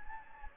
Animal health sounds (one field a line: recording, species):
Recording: mosquito wingbeat signal from an infrared sensor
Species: Anopheles gambiae